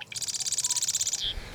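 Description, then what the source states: Marsh wren song: a rapid, dry, buzzy rattle of many high, evenly spaced notes lasting about a second, ending in a brief lower note. Recorded in July 2011.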